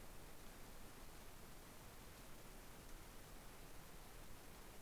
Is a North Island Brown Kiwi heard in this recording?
no